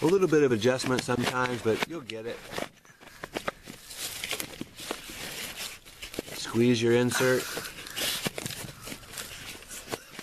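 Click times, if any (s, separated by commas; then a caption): none. A plastic insert on corrugated 4-inch drain pipe is squeezed and pushed into a fitting while someone talks. Short scraping and tapping handling sounds come around 3.4 to 4.9 seconds and again around 7.9 to 9.2 seconds. Nothing has seated or clicked yet; the insert is not home by the end.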